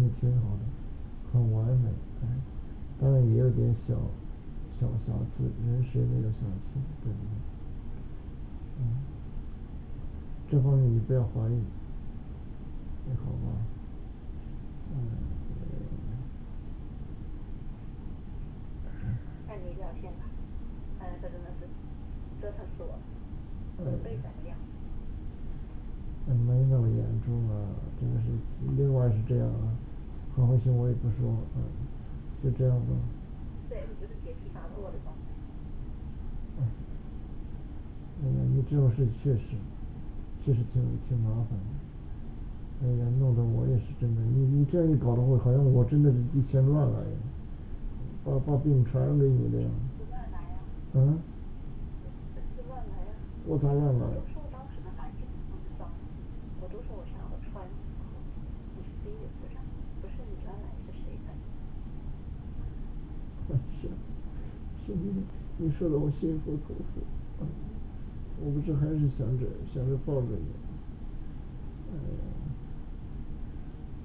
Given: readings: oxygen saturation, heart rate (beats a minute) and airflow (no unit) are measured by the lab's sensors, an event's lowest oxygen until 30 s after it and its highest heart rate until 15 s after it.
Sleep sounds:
a person awake in a sleep study, by a smartphone at the bedside; none
0.00-74.05 s: awake
From the record:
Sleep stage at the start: awake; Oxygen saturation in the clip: 94 to 95%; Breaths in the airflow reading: 24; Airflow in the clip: -6.3 to 4.3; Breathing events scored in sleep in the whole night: 216 in 7.0 hours asleep

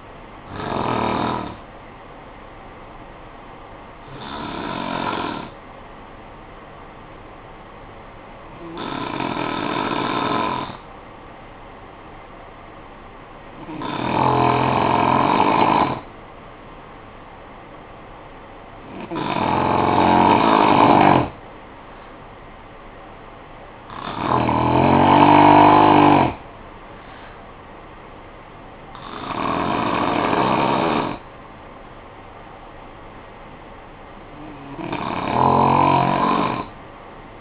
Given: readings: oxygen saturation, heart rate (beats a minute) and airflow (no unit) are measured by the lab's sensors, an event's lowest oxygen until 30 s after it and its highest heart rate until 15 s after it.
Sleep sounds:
breathing in sleep by a voice recorder at the bedside; 1
4.00-22.60 s: hypopnea (N2, oxygen 96% highest, then 89% lowest, heart rate 51 at the start, 56 highest)
16.00-37.41 s: new sleep stage, REM sleep
From the record:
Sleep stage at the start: N2 (light sleep); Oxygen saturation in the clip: 87 to 96%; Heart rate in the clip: 51 to 56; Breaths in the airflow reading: 8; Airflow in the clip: -4.6 to 4.5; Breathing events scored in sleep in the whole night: 445 in 7.6 hours asleep

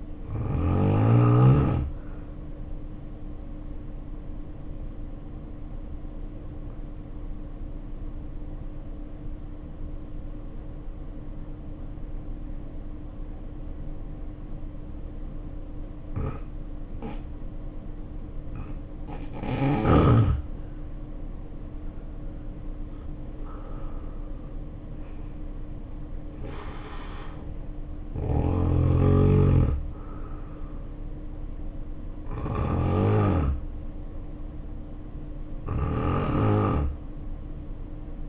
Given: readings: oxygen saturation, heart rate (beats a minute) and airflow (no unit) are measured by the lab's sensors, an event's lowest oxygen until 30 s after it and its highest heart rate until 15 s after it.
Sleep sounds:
breathing in sleep by a smartphone at the bedside; 1
4.00-18.30 s: obstructive apnea (N2, oxygen 93% highest, then 78% lowest, heart rate 63 at the start, 73 highest)
From the record:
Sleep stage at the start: N2 (light sleep); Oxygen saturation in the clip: 78 to 94%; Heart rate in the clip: 55 to 73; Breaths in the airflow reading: 5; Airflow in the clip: -5.9 to 8.9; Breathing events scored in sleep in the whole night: 520 in 7.2 hours asleep

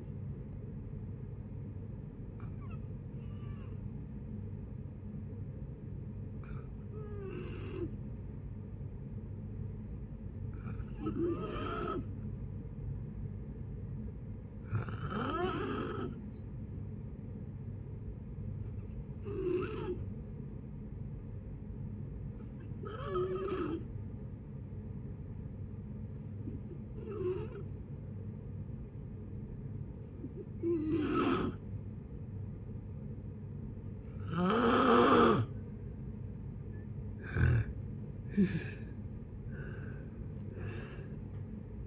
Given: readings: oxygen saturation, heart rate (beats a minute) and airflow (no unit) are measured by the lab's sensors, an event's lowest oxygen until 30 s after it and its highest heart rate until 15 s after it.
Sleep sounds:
breathing in sleep by a smartphone at the bedside; 1
7.00-35.60 s: hypopnea (N2, oxygen 94% highest, then 85% lowest, heart rate 58 at the start, 79 highest)
From the record:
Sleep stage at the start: N2 (light sleep); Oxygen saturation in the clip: 86 to 94%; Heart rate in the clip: 57 to 68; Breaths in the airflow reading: 11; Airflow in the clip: -9.1 to 8.7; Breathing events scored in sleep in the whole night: 496 in 5.4 hours asleep

